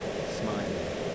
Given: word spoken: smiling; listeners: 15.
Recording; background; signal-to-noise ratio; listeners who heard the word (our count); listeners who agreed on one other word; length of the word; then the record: one English word in noise, from a listening test; speech-shaped noise; -4.3 dB; 3 of 15; 11 of 15; 0.75 s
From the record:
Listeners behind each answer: 11, 3, 1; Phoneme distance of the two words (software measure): 14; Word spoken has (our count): 2 syllables, 6 phonemes, stress on syllable 1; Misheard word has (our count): 1 syllable, 4 phonemes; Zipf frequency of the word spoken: 4.26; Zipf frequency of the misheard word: 4.71